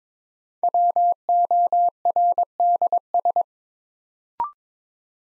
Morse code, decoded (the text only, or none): WORDS